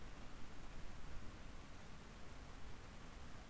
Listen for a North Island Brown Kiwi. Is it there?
no